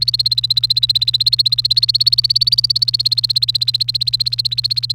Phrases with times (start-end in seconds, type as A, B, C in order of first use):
0.01-4.94 A